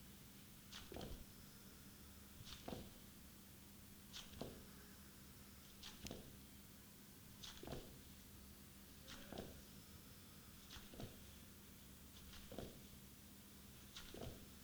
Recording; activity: daily activity, guitar pickup as the sensor; jump